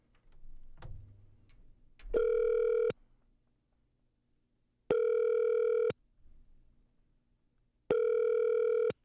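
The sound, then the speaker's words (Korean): A phone ringback tone, from a call placed from a recording studio on a Sunday, repeats three times, each steady, mid-pitched buzzing tone lasting under a second with long silent gaps between, preceded by a few soft clicks and low rumbles. “신호는 가는데 일요일에 왜 출근하셨지?”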